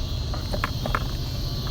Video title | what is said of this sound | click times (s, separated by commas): How to install Led Turn signal bulbs with Resistors | and then turn it and so it can lock into place same thing for the top one | 0.6 s, 1.0 s